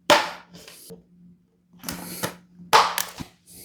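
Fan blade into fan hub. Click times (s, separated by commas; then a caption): 0.1 s. A plastic fan blade is pushed all the way into the hub of a socket-mounted ceiling fan light, markings side up, and it clicks into place at 0.1 s with a sharp, loud hit. Quieter handling rustles follow, then a second sharp hit around 2.7–3.0 s. The blade is seated in the hub.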